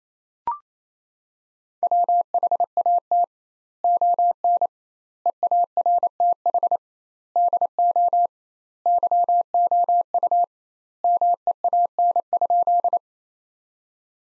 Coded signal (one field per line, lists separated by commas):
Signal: Morse code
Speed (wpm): 28 wpm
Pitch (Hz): 700 Hz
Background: none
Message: WHAT ON EARTH DO YOU MEAN?